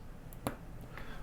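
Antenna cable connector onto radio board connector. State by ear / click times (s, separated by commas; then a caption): seated / 0.5 s. A small antenna cable connector is pressed onto the tiny connector on the side of a LoRa radio board, with a faint tick at 0.3 s and another at 1.0 s around it. A sharp, bright snap at 0.5 s marks the connector clicking into place, confirming it is seated.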